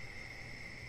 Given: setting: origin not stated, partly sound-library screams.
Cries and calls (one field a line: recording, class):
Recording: one-second piece from a danger detection set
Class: normal situation